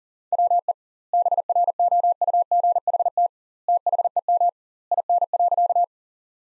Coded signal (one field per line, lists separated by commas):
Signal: Morse code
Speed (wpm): 37 wpm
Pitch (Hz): 700 Hz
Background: none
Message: WE BROUGHT THEM IN.